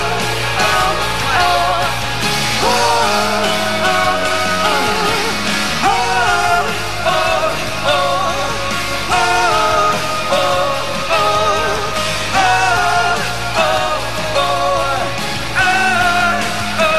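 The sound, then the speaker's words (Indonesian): A concert crowd shouts and sings along in unison over a loud live band, the mass of voices and instruments holding steady and dense for the whole stretch. “Semua siap teriak.”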